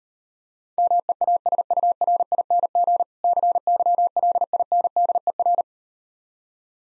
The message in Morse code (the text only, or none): MEASURING CYLINDER